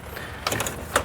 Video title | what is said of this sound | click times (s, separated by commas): Black Market Parts' N54/N55 Port Injection Kit - Part 1: Injector Rail - Installation Guide | it locked on we come back here push | 0.5 s, 1.0 s